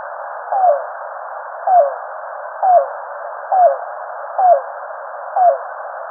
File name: Yellow-billed Cuckoo